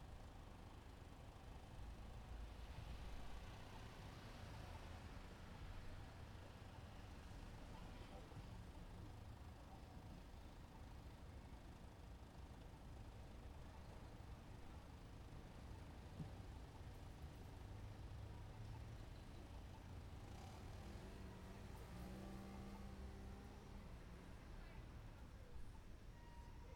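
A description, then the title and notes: A slightly busy city sidewalk with a steady, dense rumble of vehicles and traffic throughout. Low engine noise stays constant, with scattered voices and footsteps of pedestrians strolling by. Around twenty seconds a brief tonal sound, possibly music, rises above the traffic. City sidewalk.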